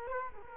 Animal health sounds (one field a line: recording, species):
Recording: mosquito wingbeat signal from an infrared sensor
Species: Culex quinquefasciatus